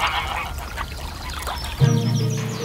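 Geese being herded back to a castle at dusk honk and cackle in a restless, overlapping chatter, then one louder, sustained nasal honk breaks out over the flock near the end.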